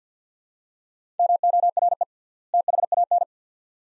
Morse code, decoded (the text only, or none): MORE THAN